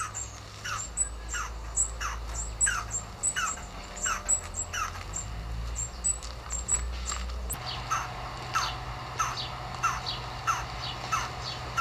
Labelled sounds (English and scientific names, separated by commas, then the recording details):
Red-and-yellow Barbet (Trachyphonus erythrocephalus) call
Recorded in captivity
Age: adult
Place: Zoo Berlin, Berlin, DE
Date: 1997-08-19 12:54
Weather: fair, 26-28°C
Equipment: Marantz CP 130, Mikro CE, Kopie Uher 4000 Report Monitor
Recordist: Tembrock, Günter
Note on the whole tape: Rufreihen